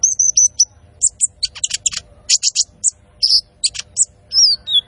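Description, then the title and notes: Van Hasselt's sunbird song, a fast jumble of high squeaky notes, trills and thin whistles, ending with a descending slurred whistle. Masteran used to train cage birds and as a lure; full fill-ins and shots, energetic singing. "MASTERAN KOLIBRI NINJA FULL ISIAN DAN TEMBAKAN COCOK BUAT PANCINGAN. Suara Burung Kolibri Ninja Gacor"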